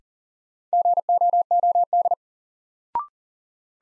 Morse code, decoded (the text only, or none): GOOD